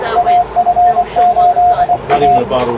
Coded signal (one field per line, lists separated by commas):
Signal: Morse code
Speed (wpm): 22 wpm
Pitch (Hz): 710 Hz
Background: speech, radio noise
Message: AF8A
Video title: W1HP Amateur Radio Solar Eclipse Reverse Beacon Network Exercise - August 21, 2017